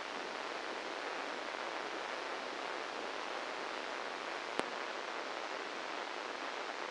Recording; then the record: brain microelectrode recording played as sound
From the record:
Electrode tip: inside the subthalamic nucleus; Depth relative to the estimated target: 1 mm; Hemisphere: left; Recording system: NeuroSet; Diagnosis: Parkinson's disease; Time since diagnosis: 10 years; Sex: male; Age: 63 years